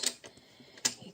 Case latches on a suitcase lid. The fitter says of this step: kaip jos užsifiksuoja va